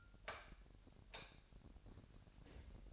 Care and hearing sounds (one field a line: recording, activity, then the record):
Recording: daily activity, microphone in the room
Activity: light off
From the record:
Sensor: 2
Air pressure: 1011.8 hPa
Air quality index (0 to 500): 212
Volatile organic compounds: 3 ppm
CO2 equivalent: 1493 ppm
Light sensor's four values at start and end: 15/41/17/17 and 11/25/11/11